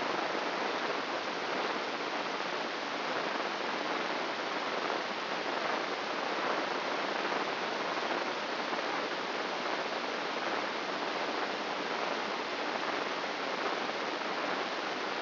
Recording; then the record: brain microelectrode recording played as sound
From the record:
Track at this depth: outside the subthalamic nucleus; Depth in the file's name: 8.628 mm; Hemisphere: left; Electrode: 3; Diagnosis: Parkinson's disease